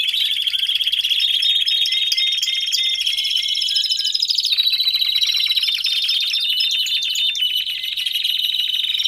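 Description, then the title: Domestic canary song, a dense continuous warbling trill with fast rolling notes and high whistled strands layered over it. Male canary singing a lot; recording for training, to warm up young and Belgian canaries in 30 minutes. "Canary Training Esquente Seu Filhote E Canario Belga Em 30 Minutos Macho Cantando Muito"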